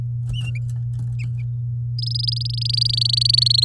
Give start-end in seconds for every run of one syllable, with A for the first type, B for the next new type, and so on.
1.98-3.64 A